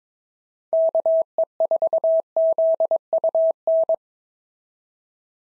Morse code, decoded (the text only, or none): KE4ZUN